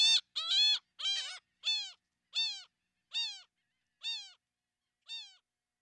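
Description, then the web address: Laughing gull calls, a series of nasal, harmonic laughing notes that start crowded and then slow to one note roughly every second, each slightly falling. Recorded in western North America. "Wildlife Identification By Sound, Western North America. Laughing Gull"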